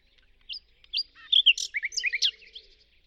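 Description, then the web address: Bird song of a few spaced chirps leading into a rapid, loud cluster of high whistled and buzzy notes that then fades. "birddata Deverinetal 2025 Bird Only Lu Me Lu Me"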